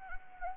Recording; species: mosquito wingbeat signal from an infrared sensor; Anopheles arabiensis